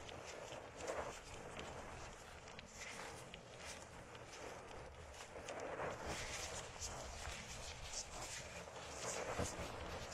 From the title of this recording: Massage the ears with plants, make circles around your ears